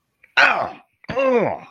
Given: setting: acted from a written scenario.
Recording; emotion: vocal sound without words; triumph